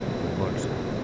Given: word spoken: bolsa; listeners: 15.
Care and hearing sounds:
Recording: one Spanish word in noise, from a listening test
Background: speech-shaped noise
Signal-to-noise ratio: -5.9 dB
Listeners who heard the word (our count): 4 of 15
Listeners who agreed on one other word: 7 of 15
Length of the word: 0.64 s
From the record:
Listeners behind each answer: 7, 4, 1, 1, 1, 1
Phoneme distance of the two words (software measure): 10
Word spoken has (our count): 2 syllables, 5 phonemes, stress on syllable 1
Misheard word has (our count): 2 syllables, 5 phonemes, stress on syllable 1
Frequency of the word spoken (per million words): 53.53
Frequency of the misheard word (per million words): 9.85

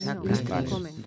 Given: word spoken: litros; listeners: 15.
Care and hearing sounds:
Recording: one Spanish word in noise, from a listening test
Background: four-talker babble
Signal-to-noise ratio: -2.6 dB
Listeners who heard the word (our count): 0 of 15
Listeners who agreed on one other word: 6 of 15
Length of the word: 0.66 s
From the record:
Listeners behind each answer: 6, 1, 1, 1, 1, 1, 1, 1, 1, 1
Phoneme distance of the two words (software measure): 55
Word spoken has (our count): 2 syllables, 6 phonemes, stress on syllable 1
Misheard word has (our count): 2 syllables, 5 phonemes, stress on syllable 1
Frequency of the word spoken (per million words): 16.19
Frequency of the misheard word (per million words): 8.14

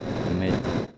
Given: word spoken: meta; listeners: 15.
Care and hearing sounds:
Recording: one Spanish word in noise, from a listening test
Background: noise modulated by three-talker babble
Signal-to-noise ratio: -3.0 dB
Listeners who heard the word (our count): 1 of 15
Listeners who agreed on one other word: 7 of 15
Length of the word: 0.59 s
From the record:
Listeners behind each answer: 7, 4, 1, 1, 1, 1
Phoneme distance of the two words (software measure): 17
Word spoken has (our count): 2 syllables, 4 phonemes, stress on syllable 1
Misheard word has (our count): 2 syllables, 5 phonemes, stress on syllable 1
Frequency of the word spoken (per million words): 34.00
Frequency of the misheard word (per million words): 35.58

